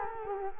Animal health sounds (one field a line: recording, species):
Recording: mosquito wingbeat signal from an infrared sensor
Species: Culex quinquefasciatus